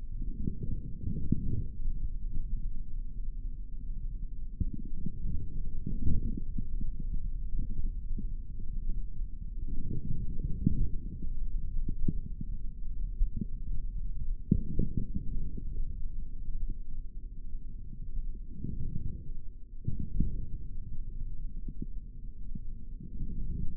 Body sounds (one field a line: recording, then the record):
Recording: forearm muscle sounds (acoustic myography)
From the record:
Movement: forearm pronation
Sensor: system 3, bracelet of six PUI Audio POM-2738L microphones around the upper forearm, with dedicated amplification and filtering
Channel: 3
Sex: male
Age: 25 years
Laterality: right